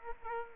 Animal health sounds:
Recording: mosquito wingbeat signal from an infrared sensor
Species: Aedes aegypti

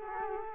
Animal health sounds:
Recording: mosquito wingbeat signal from an infrared sensor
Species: Culex quinquefasciatus

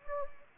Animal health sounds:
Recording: mosquito wingbeat signal from an infrared sensor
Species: Anopheles gambiae

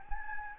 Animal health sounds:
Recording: mosquito wingbeat signal from an infrared sensor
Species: Anopheles gambiae

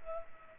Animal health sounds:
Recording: mosquito wingbeat signal from an infrared sensor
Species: Culex pipiens

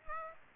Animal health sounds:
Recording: mosquito wingbeat signal from an infrared sensor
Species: Aedes aegypti

